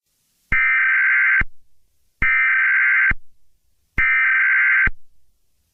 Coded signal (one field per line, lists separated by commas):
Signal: Emergency Alert System (SAME) tones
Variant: header bursts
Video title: EAS Scenario Two: Werewolf Invasion: Resistance and Redemption.